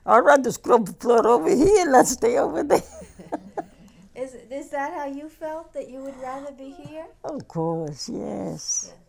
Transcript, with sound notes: I'd rather scrub the floor over here than stay over there." ( they laugh )
Is that how you felt, that you would rather be here?
Of course, yes.